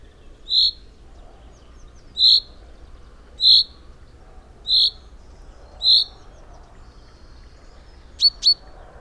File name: Common-Chaffinch- -Fringilla-coelebs